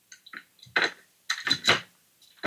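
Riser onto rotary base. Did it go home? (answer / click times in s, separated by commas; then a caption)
yes / 0.8 s, 1.3 s. A non-magnetic riser is pushed onto the four holes of an xTool RA3 rotary base. It snaps on with sharp clicks at 0.8 s and 1.3 s, among a few softer plastic knocks, and the riser is seated.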